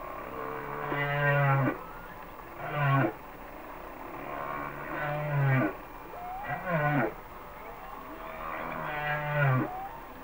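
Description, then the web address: Humpback whale song in a steady cycle of long low moans alternating with shorter groans. "Whale Songs Sounds of Nature - Humpback Whales"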